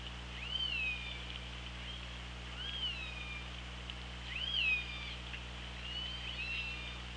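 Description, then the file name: Orca calls, four upswept, slightly downturning harmonic mews repeated roughly every two seconds, with continuous low underwater drone beneath. Recorded on the OrcaLab hydrophone, 24 August 2017 at 16:56. "Orca Lab UTLN JASON 20170824 165633"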